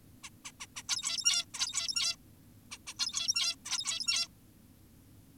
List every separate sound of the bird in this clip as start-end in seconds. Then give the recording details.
0.24-0.30, 0.45-0.52, 0.60-0.66, 0.76-0.83, 0.89-1.45, 1.54-2.16, 2.72-2.78, 2.87-2.94, 2.99-3.56, 3.66-4.28. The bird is an adult. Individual g17y2U